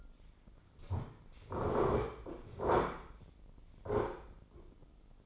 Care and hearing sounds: daily activity, microphone in the room; sit down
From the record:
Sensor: 5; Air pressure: 996.1 hPa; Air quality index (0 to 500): 245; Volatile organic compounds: 471 ppm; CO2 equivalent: 4779 ppm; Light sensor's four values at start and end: 163/390/165/180 and 163/390/165/180

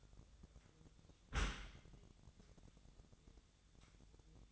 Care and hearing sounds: daily activity, microphone in the room; close dishwasher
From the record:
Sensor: 3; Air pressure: 1004.7 hPa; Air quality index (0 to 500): 100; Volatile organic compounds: 4 ppm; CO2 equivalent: 1561 ppm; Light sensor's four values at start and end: 7/17/7/7 and 7/17/7/7

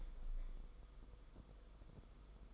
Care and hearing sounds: daily activity, microphone in the room; open window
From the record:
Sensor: 5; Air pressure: 990.5 hPa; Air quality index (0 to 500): 161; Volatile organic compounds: 258 ppm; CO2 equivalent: 4382 ppm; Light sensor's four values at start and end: 17/41/17/18 and 17/41/17/18

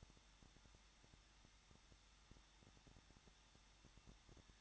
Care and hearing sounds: daily activity, microphone in the room; no activity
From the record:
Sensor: 3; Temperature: 21.2 degrees Celsius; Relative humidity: 36.4%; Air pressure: 1006.3 hPa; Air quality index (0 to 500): 223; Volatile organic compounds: 43 ppm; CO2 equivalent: 3191 ppm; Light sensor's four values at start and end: 2/3/2/2 and 2/3/2/2

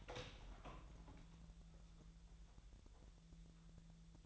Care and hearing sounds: daily activity, microphone in the room; open door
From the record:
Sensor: 3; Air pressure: 1001.3 hPa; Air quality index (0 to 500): 249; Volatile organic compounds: 162 ppm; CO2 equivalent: 4073 ppm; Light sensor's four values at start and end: 12/29/12/12 and 13/30/12/12

